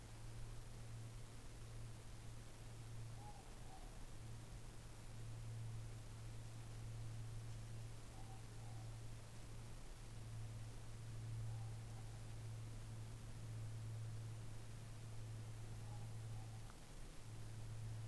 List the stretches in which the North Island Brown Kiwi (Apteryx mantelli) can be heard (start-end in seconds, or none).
none